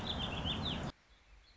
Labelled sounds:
Warbling Vireo
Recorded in Sonoma County, California

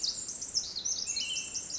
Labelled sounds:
Pacific Wren
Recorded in Sonoma County, California

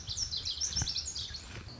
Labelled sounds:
Lazuli Bunting
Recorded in Sonoma County, California

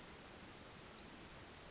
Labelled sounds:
Western Flycatcher
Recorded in Sonoma County, California

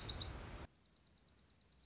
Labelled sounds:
Dark-eyed Junco
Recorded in Sonoma County, California

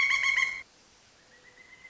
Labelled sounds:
Pileated Woodpecker
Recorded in Sonoma County, California

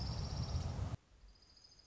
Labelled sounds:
Orange-crowned Warbler
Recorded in Sonoma County, California

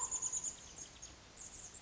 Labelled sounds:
Chestnut-backed Chickadee
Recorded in Sonoma County, California

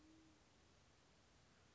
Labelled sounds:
Band-tailed Pigeon
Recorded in Sonoma County, California

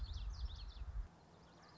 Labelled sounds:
Common Yellowthroat
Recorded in Sonoma County, California

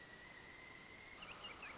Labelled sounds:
Pileated Woodpecker
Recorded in Sonoma County, California

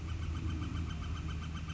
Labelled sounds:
Northern Flicker
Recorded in Sonoma County, California

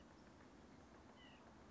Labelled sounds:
White-breasted Nuthatch
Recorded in Sonoma County, California

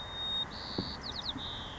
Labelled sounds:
White-crowned Sparrow
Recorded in Sonoma County, California

